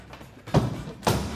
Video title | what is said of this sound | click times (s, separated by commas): 2019-2020 Silverado 1500 Rough Country Low Profile Hard Tri-Fold Tonneau Cover Review & Install | And then finally pull this guy back and it latches in as well. | 0.6 s, 1.1 s